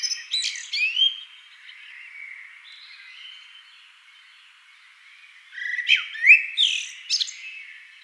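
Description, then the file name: Eurasian blackbird song: a short high twittering flourish, a few seconds of quiet warbling, then another loud squeaky, chattering burst of notes. "amsel"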